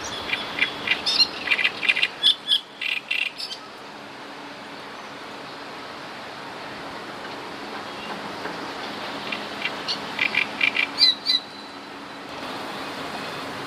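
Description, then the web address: Great reed warbler song: rapid grating, churring phrases for a few seconds, then a pause of steady noise before another burst of choppy notes. "wroblowe kolekcja trzciniak"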